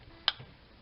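A ball bearing taken from the old differential is slid onto the new differential shaft of a Teton RC car and locks into place. A single sharp, bright tick is heard at 0.3 s, followed by a faint low thump, over quiet background noise. The bearing is seated on the new differential.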